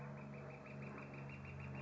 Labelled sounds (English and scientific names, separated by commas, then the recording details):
Northern Flicker (Colaptes auratus)
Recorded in Sonoma County, California